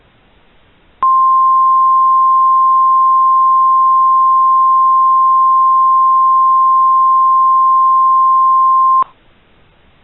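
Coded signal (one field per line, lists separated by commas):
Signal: Emergency Alert System (SAME) tones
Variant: 1050 Hz attention tone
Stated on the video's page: Fictional EAS scenario, simulated alert.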